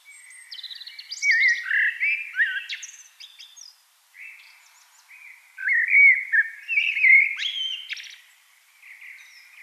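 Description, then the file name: Eurasian blackbird singing two melodious phrases split by a short pause; low fluting notes give way to high squeaky twittering. "Turdus merula"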